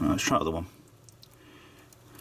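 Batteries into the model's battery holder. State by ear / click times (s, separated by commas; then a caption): seated / 1.1 s, 1.2 s. Someone talks briefly, then batteries are pushed into the other battery holder of a Fanhome/Eaglemoss/Hero Collector Star Trek Enterprise D model, after the first holder's batteries would not push in properly. Two small clicks are heard at 1.1 s and 1.2 s among faint handling sounds as the batteries seat firmly in the holder. The red and green lights then work.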